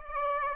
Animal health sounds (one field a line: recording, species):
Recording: mosquito wingbeat signal from an infrared sensor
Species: Aedes aegypti